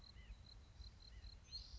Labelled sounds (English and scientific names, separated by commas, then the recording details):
White-breasted Nuthatch (Sitta carolinensis)
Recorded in Sonoma County, California